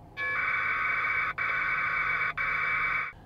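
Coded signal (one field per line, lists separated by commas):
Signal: packet radio (AX.25, as in APRS)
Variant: 1200 baud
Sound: three harsh buzzing data bursts about a second each, separated by brief gaps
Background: faint hiss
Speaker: And there it stopped. So it received messages and then it and then it went to send messages. I didn't have any messages to send. So it didn't send anything and then it disconnected and now we don't hear the squawking anymore.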